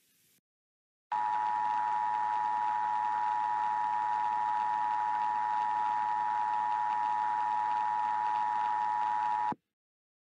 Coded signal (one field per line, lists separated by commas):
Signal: Emergency Alert System (SAME) tones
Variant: 853 and 960 Hz attention tone